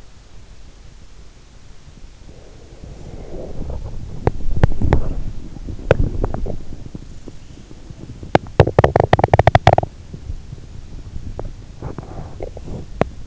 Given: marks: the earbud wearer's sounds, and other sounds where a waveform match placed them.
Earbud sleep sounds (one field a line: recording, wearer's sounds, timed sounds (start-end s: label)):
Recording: sounds in sleep by an in-ear microphone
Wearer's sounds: breath, teeth grinding, body movement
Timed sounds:
2.28-4.26 s: breath
4.08-6.55 s: teeth grinding
4.78-13.26 s: body movement
8.07-9.93 s: teeth grinding
12.86-13.26 s: teeth grinding